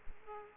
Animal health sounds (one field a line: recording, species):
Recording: mosquito wingbeat signal from an infrared sensor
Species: Aedes aegypti